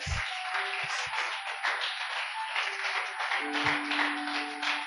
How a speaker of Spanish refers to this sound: Aplauda al Señor.